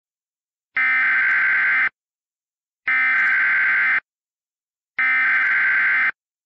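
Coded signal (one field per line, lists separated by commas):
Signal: Emergency Alert System (SAME) tones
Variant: header bursts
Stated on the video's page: Fictional hurricane EAS scenario with valid EAS tones.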